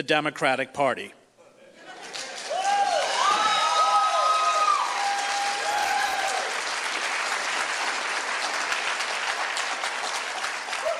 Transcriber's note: lots of audience applause